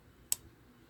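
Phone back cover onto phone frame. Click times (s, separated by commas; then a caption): 0.3 s. A plastic back cover is pressed down by hand onto an LG phone's frame without force, and another of its clips snaps home with a single sharp click at 0.3 s. The cover is seated.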